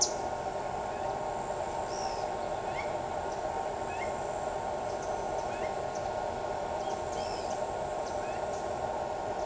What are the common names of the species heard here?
Pied Water Tyrant, Pale-eyed Pygmy Tyrant, Greater Ani